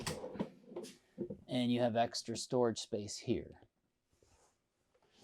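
A pull-out storage drawer in the dinette seat base of a 2027 Newmar Mountain Aire is handled while someone talks, with a few soft knocks near the start. The drawer is meant to be pushed closed until its latch clicks and locks it in place, but nothing has seated or clicked yet.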